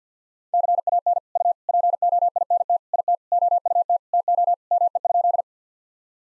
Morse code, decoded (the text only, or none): CAN U POINT IT OUT TO ME?